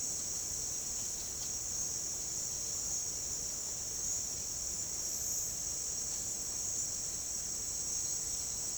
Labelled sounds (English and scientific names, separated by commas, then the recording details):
none
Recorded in dense forest near Puerto Asís, Putumayo, Colombia, on 8 March 2025 at 12:30
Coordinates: 0.467, -76.328
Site G041